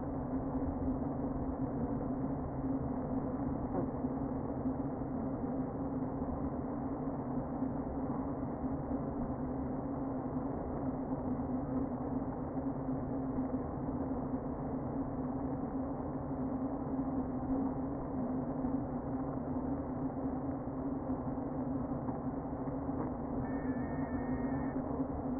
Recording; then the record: honeybee colony, microphone inside the hive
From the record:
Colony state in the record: queen present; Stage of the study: before two queens were removed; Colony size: about 60,000 bees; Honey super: yes